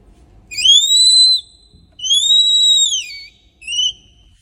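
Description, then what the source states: Red panda cub giving clear high whistles, two long ones rising then holding steady before dipping, followed by a short third whistle. Newborn cub.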